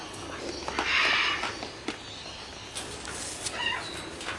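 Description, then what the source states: Conure letting out a rough, grating screech near the start, then brief squeaky notes. Several conures meeting a camera.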